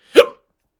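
A single short, abrupt voiced gulp lasting about a quarter second: one hiccup from an adult man who has the hiccups.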